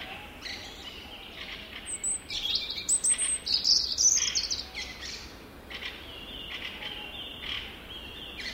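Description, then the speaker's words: European robin song: thin, high tinkling phrases of quick twittering notes, loudest in the middle seconds. Sound effect played in the background; singing; the song is described as tinkling, like the forest's music box. "Siinä siis laulaa punarinta ja se on sellainen metsän soittorasia."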